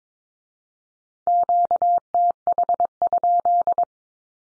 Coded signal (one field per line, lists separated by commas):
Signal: Morse code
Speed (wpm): 22 wpm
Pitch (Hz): 700 Hz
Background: none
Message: QTH?